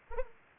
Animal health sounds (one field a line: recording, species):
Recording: mosquito wingbeat signal from an infrared sensor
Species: Anopheles arabiensis